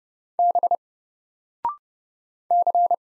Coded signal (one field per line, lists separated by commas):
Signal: Morse code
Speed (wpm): 30 wpm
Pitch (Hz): 700 Hz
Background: none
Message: B C